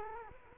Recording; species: mosquito wingbeat signal from an infrared sensor; Culex quinquefasciatus